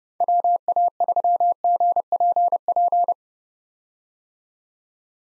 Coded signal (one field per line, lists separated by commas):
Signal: Morse code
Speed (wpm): 30 wpm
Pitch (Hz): 700 Hz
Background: none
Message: WA3GPP